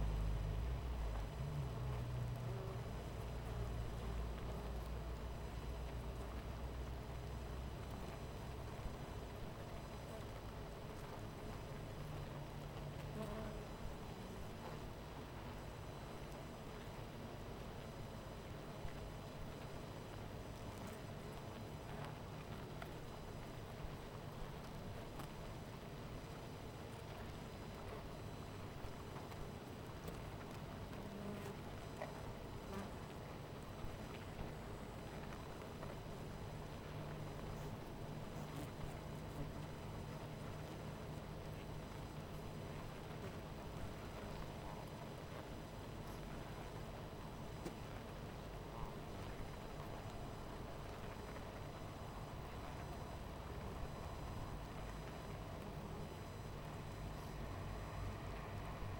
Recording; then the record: honeybee colony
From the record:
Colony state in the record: missing queen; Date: 14 July 2017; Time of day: 12:38